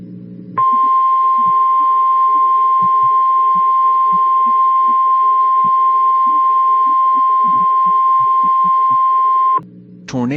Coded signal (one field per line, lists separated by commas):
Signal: Emergency Alert System (SAME) tones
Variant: 1050 Hz attention tone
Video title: The Warner EF4: an EAS scenario